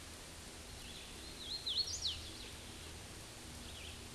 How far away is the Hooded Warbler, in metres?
about 55 m